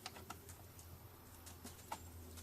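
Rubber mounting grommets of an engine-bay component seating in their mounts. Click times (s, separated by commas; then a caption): 1.9 s. During reassembly after an alternator change on a BMW M62-TU engine (E38/E39), a part is slid in and pushed back so its rubber mounting grommets seat in their engine-bay mounts. Over a steady low hum and a few light ticks near 0.1 s and 0.3 s, a sharp click sounds at 1.9 s as the grommets click into place. The part is seated and now fixed and firm.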